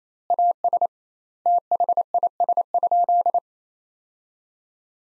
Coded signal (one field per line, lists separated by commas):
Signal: Morse code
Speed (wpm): 28 wpm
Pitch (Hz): 700 Hz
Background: none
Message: AS THIS?